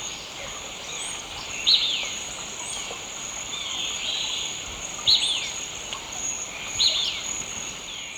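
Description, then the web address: Blackish Pewee giving three short, sharp high chips spaced irregularly over several seconds, set against a steady high insect buzz and a constant hiss. Recorded in Ecuador. "S America Birds of Ecuador. Blackish Pewee"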